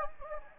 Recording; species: mosquito wingbeat signal from an infrared sensor; Anopheles gambiae